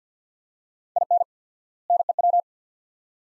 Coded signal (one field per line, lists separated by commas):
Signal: Morse code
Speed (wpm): 46 wpm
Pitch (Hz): 700 Hz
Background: none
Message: IN NEW